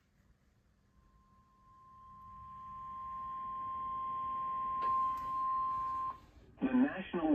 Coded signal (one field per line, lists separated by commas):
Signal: Emergency Alert System (SAME) tones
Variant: 1050 Hz attention tone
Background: speech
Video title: (EAS #2,428 - #2,444) WHEN WNG549 BREAKS - EAS Alerts from 7/10/25